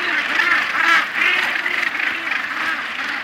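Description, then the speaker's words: Northern gannets calling en masse, rasping cackles rising and falling in loudness in rough pulses, many birds overlapping with no pause. Wild birds at the world's largest northern gannet colony, recorded standing on a rock not far from Edinburgh, surrounded by tens of thousands of birds. "But here's a wee snippet of the sound as we encountered the world's largest colony of northern gannets."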